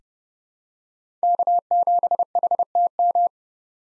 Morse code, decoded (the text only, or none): K7HTM